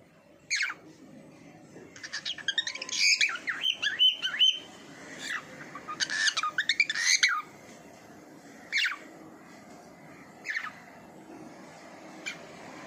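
Bird calls: a single sharp call, then a run of rapid chattering and squawking notes in the middle, followed by a few spaced, isolated calls.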